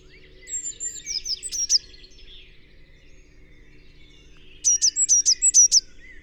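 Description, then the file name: Eurasian blue tit: a softer run of high notes, then a crisp burst of several sharp, evenly spaced high notes near the end. "Cyanistes caeruleus"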